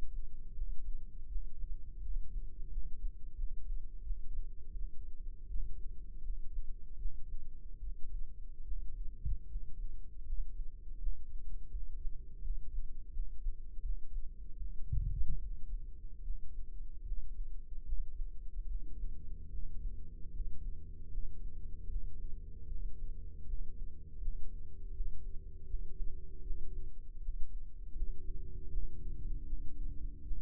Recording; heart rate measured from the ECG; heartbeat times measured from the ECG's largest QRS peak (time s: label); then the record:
heart sounds by microphone in the right ear; 79 bpm
0.51 s: heartbeat
1.25 s: heartbeat
1.98 s: heartbeat
2.67 s: heartbeat
3.33 s: heartbeat
4.00 s: heartbeat
4.69 s: heartbeat
5.45 s: heartbeat
6.20 s: heartbeat
6.95 s: heartbeat
7.77 s: heartbeat
8.61 s: heartbeat
9.45 s: heartbeat
10.22 s: heartbeat
10.96 s: heartbeat
11.68 s: heartbeat
12.40 s: heartbeat
13.09 s: heartbeat
13.79 s: heartbeat
14.55 s: heartbeat
15.36 s: heartbeat
16.20 s: heartbeat
17.02 s: heartbeat
17.82 s: heartbeat
18.65 s: heartbeat
19.47 s: heartbeat
20.30 s: heartbeat
21.07 s: heartbeat
21.86 s: heartbeat
22.65 s: heartbeat
23.43 s: heartbeat
24.18 s: heartbeat
24.90 s: heartbeat
25.64 s: heartbeat
26.40 s: heartbeat
27.18 s: heartbeat
27.92 s: heartbeat
28.67 s: heartbeat
29.43 s: heartbeat
30.21 s: heartbeat
From the record:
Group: healthy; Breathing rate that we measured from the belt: 17 breaths a minute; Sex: male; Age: 21 years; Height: 180 cm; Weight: 67.5 kg